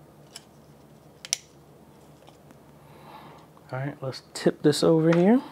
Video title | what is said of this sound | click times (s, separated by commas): COMPLETE LIVE STREAMING PC BUILD - How I build dedicated church live streaming PCs | then they just snap in place all | 1.2 s, 1.3 s